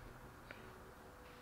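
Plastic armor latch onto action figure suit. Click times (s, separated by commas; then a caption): 0.5 s. A plastic latch on a clip-on armor piece is fastened over the suit of a 1:12 Mezco One:12 Collective Void Wars action figure with its Vortex Strike Suit, under a low steady background hiss. A single short snap at 0.5 s marks the latch seating snugly in place.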